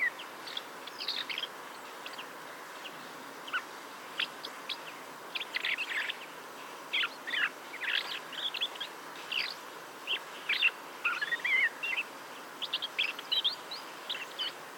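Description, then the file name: Common blackbird calling in a long series of short chirps and squeaks, busiest in the second half, over a soft continuous hiss. "Turdus merula"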